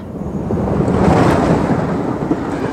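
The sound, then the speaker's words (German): A train roars past a window in a steady rush of low, rumbling noise that swells to a peak and then holds as a dense, grinding wash. No voices are heard. “Da saust eben ein Zug am Fenster vorbei.”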